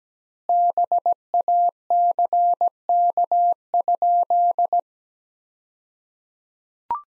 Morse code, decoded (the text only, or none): BACK?